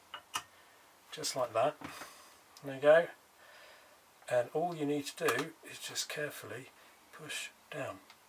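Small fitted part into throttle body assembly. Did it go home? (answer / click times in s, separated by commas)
no / none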